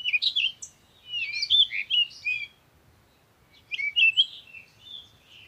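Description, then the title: Songbirds chirping in quick twittering phrases, two bursts of bright warbled notes separated by a pause of about a second, with a faint low rumble beneath. Morning birds recorded outdoors in nature while on vacation. "Morning Birds Meditation - Spiritually Fit with Amelia Andaleon"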